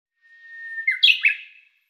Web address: ウグイス